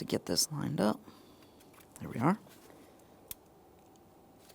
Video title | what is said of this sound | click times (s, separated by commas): How to Replace Oil Pressure Switch 2008-2017 Mitsubishi Lancer | We have an audible click. | 3.3 s